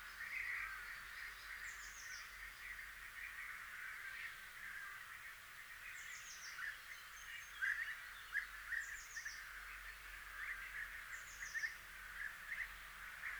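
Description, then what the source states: European bee-eaters giving soft rolling trills throughout. Small flock on a spring migratory stopover in a village, May 2020, after returning from wintering grounds in late April to early May, before settling.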